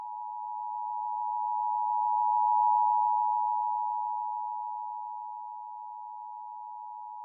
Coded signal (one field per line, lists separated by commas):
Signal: Emergency Alert System (SAME) tones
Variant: 853 and 960 Hz attention tone